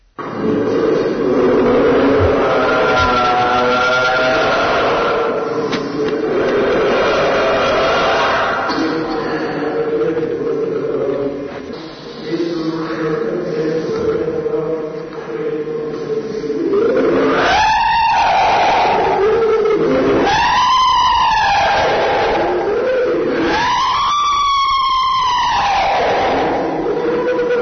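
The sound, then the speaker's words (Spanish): A 16-year-old girl during an exorcism ritual groans and growls at length, then lets out three long, rising-and-falling screams, each loud and strained, with harsh, raspy vocal noise throughout. “pero parece que correspondería a una joven de 16 años que lo pasó francamente mal cuando se le hacen este tipo de rituales para expulsar a esos supuestos demonios con los gritos de esta pobre chica que ahora pasaremos a escuchar.”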